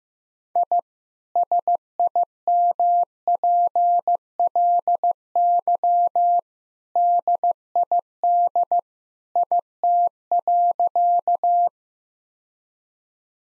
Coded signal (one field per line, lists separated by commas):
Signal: Morse code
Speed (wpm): 15 wpm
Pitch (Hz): 700 Hz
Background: none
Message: I SIMPLY DID IT.